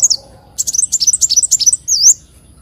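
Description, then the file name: Leafbird song: a falling whistle, then a quick chattering run of high notes ending in a longer looping whistle. "Tieng chim xanh tim"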